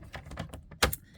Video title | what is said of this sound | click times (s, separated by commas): Paper Trimmer Basics | And so I'm going to close my arm and it locks into place, and then I'm going to push upward with my cutting blade, not my scoring blade. | 0.8 s